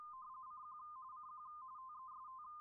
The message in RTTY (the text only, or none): CQ CQ TEST